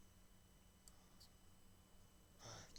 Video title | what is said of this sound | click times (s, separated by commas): Hachette Vs Hong Kong Lancaster Dambusters Stage 4 Tori Tori Tori | away D the question is if you heard that click | 2.8 s